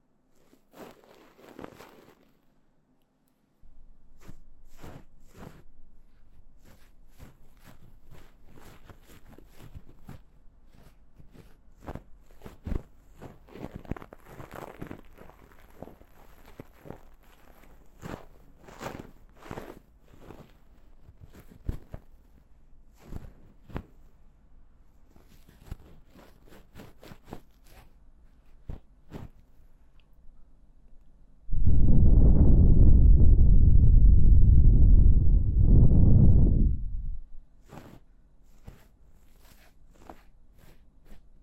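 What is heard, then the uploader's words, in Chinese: Ear cleaning with tools like a bonten and horsehair brush: sparse scratchy clicks and soft rustles come in quick, irregular bursts over a low steady hum. Around the 32 to 37 second mark a loud, dense muffled rubbing swells, then fades back to quiet scratching. ASMR×KU100。掏耳．梵天．馬尾絲。Deep Ear Cleaning。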